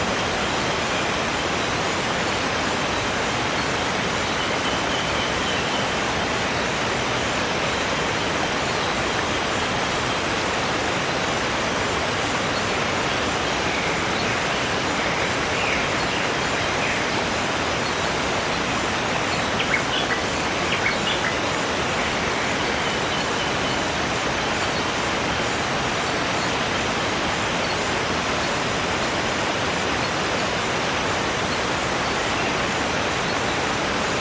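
A waterfall roars in a steady, dense rush across the whole clip, with faint bird chirps briefly poking through around the twentieth second.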